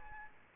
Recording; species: mosquito wingbeat signal from an infrared sensor; Aedes albopictus